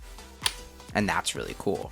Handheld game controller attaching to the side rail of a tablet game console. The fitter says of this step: With magnets, the controllers snap into place.